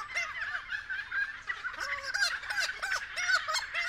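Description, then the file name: Friarbird calls: nasal, squawking notes repeated in quick succession over a constant harsh chattering background. Several friarbirds calling at 6:30 AM. "BIRD-FRIARBIRDS-N-301111-6 30 AM"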